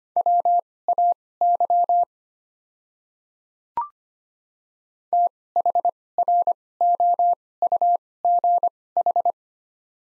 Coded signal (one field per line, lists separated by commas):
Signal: Morse code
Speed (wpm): 25 wpm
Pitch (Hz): 700 Hz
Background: none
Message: WAY THROUGH